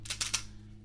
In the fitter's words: but that cover hand wheel will tighten and you'll hear clicking when it reaches its set point